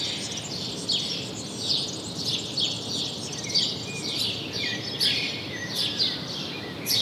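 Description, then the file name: House sparrow chirps in a dense, irregular series, several overlapping notes, with steady background hiss throughout. "Passer domesticus"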